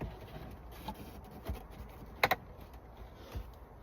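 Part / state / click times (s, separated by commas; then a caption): wireless charger pad assembly into the vehicle center console / seated / 2.2 s, 2.3 s. A replacement Hansshow wireless charger pad assembly is pushed down into the center console opening of a Rivian, with faint handling noises before two sharp clicks at 2.2 and 2.3 seconds. The clicks mark its tabs engaging, and the unit seats in the console with its side lights coming on.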